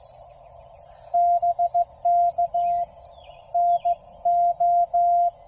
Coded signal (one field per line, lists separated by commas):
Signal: Morse code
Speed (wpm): 17 wpm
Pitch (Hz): 700 Hz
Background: none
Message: BK NO